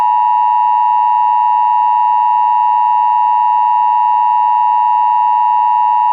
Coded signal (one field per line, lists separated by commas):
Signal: Emergency Alert System (SAME) tones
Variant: 853 and 960 Hz attention tone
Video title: EAS Scenario #14 - World War SCP